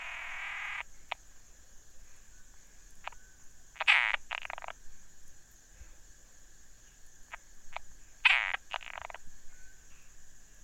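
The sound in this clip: Frog croaking in rasping bursts with interspersed clicks, two loud grating calls about four seconds apart, and a steady high hum throughout.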